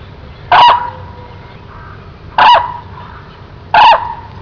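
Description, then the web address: Hooded crane giving three loud, harsh trumpeted calls spaced irregularly, each short and strident. "grus monacha"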